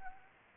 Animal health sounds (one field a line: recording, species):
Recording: mosquito wingbeat signal from an infrared sensor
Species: Anopheles arabiensis